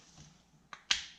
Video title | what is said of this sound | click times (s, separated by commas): Barnfind 98 Honda Z50R tune up and first ride!!! | you go you heard it click | 0.9 s